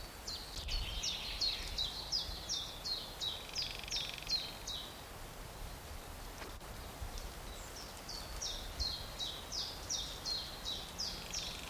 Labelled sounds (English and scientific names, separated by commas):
Common Chaffinch (Fringilla coelebs) song